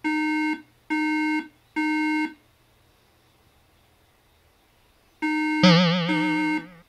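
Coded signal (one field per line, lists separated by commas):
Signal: beep code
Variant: Apple iMac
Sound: three identical half-second buzzy beeps, a pause, then beeps restart with a warbling tone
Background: warbling tone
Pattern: 3 short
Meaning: Three beeps mean no working RAM was detected or memory failed its test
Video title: Wash IMACA1311COREI5 with water to repair Macintosh junk! Mac beep sound 3 times repair YouTube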